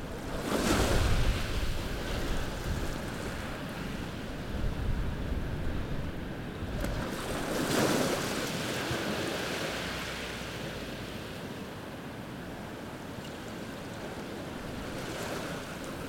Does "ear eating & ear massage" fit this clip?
no